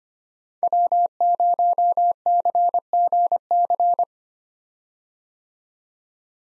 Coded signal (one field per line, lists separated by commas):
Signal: Morse code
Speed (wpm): 25 wpm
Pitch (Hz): 700 Hz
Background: none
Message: W0CGC